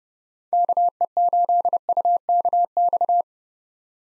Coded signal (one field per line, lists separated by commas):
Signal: Morse code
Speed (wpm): 29 wpm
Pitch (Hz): 700 Hz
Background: none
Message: KE8UKX